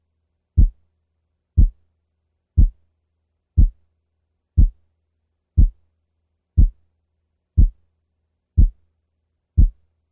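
Simulated low-pitched heart sounds repeat steadily at 60 per minute. Each is split into two components 0.02 seconds apart, so they nearly merge into one, close to the ear's limit for hearing two separate sounds. It is an ear-training exercise in hearing successively narrower splitting.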